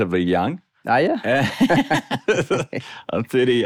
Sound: laughs